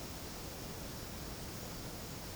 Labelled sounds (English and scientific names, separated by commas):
none